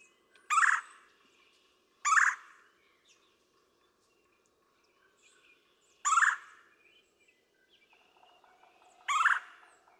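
Red-bellied woodpecker giving four harsh, rolling churr calls at uneven intervals, with faint chips and a quiet low rattle between them.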